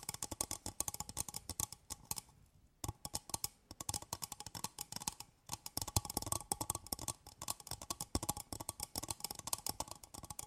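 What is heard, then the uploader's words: ASMR tapping: quick, dense runs of crisp taps and clicks, played in fast irregular bursts across the whole clip. The sound drops out briefly near two and a half seconds and again around five and a half, and a faint steady tone hums underneath. ASMR Tapping For Sleep 100% Tingles! (No Talking).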